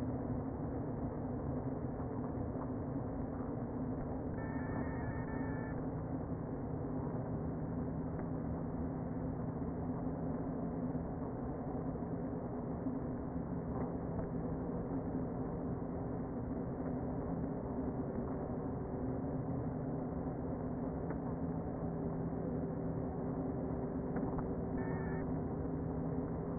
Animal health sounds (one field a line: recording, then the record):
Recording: honeybee colony, microphone inside the hive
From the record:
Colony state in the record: queen present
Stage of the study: before two queens were removed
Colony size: about 60,000 bees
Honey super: yes